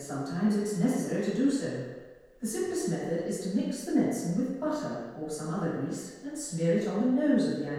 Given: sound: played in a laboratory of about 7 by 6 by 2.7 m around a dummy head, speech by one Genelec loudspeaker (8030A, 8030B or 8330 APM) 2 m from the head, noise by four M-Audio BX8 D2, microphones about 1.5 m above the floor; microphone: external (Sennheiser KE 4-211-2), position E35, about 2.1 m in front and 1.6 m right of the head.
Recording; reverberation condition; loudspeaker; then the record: female speech in English; high; 150 degrees to the right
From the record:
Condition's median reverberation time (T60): about 1300 ms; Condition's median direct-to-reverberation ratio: about -4.0 dB